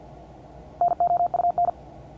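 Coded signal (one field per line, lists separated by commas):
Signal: Morse code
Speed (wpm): 50 wpm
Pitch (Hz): 700 Hz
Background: none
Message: NOUN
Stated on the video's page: Morse code class.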